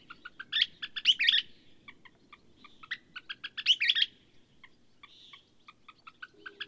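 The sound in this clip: Bird song of brisk repeated notes swelling into two loud rippling flourishes, followed by quieter notes, against faint low background noise.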